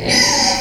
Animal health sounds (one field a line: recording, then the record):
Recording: squeal of a Yucatan mini pig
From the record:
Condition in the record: before surgery on the right vocal fold (resection and tissue-engineered implant)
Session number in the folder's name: 2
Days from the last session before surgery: 0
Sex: male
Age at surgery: 12 weeks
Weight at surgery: 13 kg